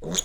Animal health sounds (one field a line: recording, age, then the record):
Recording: pig call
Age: piglet (1 to 25 days)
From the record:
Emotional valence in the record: negative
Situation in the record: long isolation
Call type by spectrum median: high-frequency call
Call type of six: mixed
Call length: 0.25 s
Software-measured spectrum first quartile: 1292 Hz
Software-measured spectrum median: 3926 Hz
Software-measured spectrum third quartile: 6840 Hz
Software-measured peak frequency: 6790 Hz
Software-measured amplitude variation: 167 dB a second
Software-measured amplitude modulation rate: 12.1 a second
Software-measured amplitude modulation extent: 13.8 dB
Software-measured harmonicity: 4.1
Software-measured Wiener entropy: -3.96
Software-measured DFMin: 645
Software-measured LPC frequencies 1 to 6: 434, 1307, 2015, 3361, 6826, 8715 Hz